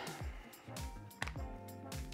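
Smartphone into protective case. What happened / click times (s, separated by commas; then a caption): The phone snapped into its hard case / 1.2 s. A Samsung Galaxy S23 Ultra is pressed into a Torras Guardian Mag Series hard magnetic protective case over steady background music. One sharp snap at 1.2 s marks the phone seating in the case.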